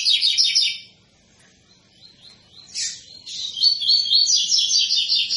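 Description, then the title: Double-collared seedeater singing a quick, ringing trilled phrase, a pause, a sharp chirp, then a longer run of rapid high repeated notes. Tui-tui song style, used as a tutor song for teaching young birds. "COLEIRO TUI TUI FIBRA CANTO PROFESSOR"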